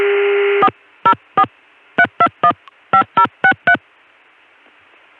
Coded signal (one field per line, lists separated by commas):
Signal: DTMF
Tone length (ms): 90 ms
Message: 404 3215063